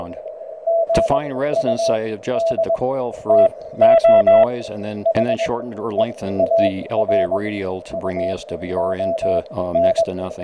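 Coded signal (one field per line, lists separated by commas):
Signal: Morse code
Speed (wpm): 21 wpm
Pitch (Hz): 660 Hz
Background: speech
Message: GUD TO HEAR UON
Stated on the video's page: QRP CW, about 900 mW from an ATS3B SOTA rig on a nearly dead 9-volt battery, Pocket Vertical antenna, contact nearly 900 miles away.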